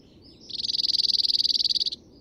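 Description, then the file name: Cirl Bunting song, a rapid buzzy rattle of evenly spaced notes held at one pitch for roughly one and a half seconds, with faint bird calls before it. "hacksparv"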